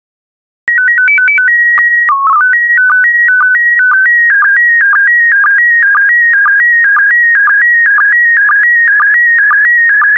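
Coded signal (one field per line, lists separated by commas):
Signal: SSTV (slow-scan television)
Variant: PD 120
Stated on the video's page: Practice SSTV transmission in PD120 mode.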